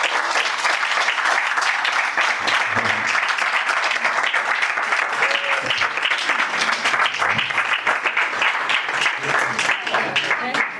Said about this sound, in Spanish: No es el aplauso de final.